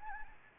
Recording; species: mosquito wingbeat signal from an infrared sensor; Anopheles gambiae